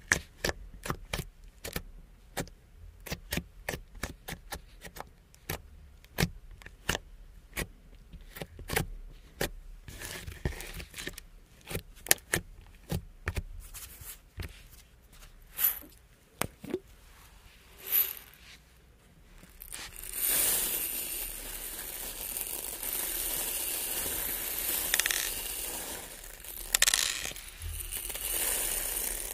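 Crystals, beads and jewels are tapped and clicked in quick, irregular bursts of bright, sharp ticks through the first twenty seconds. After that the sound turns into a dense, continuous scratching and rustling, with a few louder scrapes near the end.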